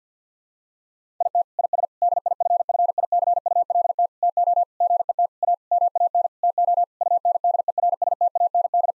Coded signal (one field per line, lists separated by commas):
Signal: Morse code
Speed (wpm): 50 wpm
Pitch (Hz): 700 Hz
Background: none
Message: IT IS DIFFICULT TO GET A MAN TO UNDERSTAND